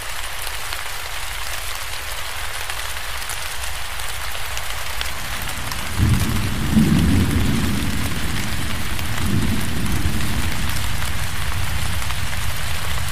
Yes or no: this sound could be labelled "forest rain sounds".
yes